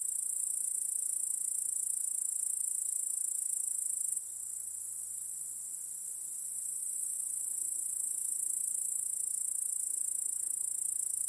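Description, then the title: High, continuous cricket chorus over a faint low hum; the sound drops sharply partway through, then gradually swells back. Backyard crickets chorusing at night. "Crickets in Your Backyard 🏡. Discovering the Sounds of Home"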